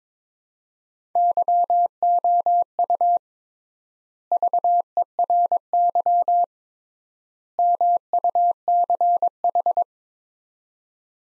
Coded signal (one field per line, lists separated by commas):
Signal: Morse code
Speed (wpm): 22 wpm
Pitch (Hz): 700 Hz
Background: none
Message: YOU VERY MUCH